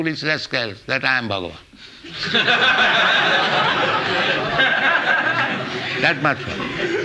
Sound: laughter

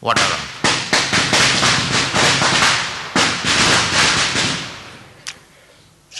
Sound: loud firecrackers

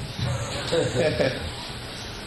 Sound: laughter

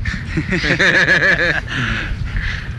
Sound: laughter

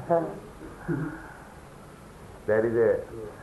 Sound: laughter

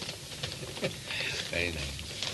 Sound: laughs

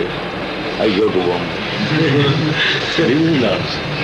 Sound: laughter

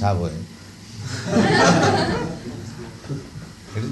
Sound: laughter

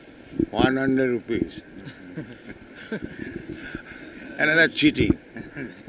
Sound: laughs

